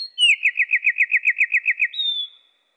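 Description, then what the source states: Eurasian wren song, slowed: a steady trill of about a dozen quick, repeated slurred notes, closing with a long, level whistled note. Pitched down one octave.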